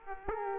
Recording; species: mosquito wingbeat signal from an infrared sensor; Aedes aegypti